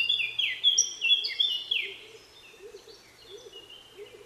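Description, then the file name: Eurasian blackcap gives a brief burst of loud, slurred whistles that soon fades, while soft lower notes repeat in the background. "Sylvia atricapilla"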